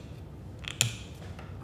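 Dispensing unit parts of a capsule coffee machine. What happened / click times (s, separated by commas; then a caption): The plastic twist-lock parts snapped free of each other / 0.8 s. The plastic coffee dispensing unit, removed from the front of a Caffitaly System S22 capsule coffee machine, is twisted so its parts come apart for cleaning. A soft tick at 0.7 s leads into a sharp plastic click at 0.8 s as it releases, followed by a faint tick at 1.4 s over a low background hum.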